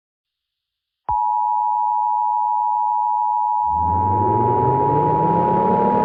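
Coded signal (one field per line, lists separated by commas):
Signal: Emergency Alert System (SAME) tones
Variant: 853 and 960 Hz attention tone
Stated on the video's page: Fictional EAS scenario (simulated) about a worldwide tsunami.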